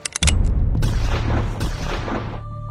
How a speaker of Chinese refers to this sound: 身后有枪声和追骂的声音，他头都没有回。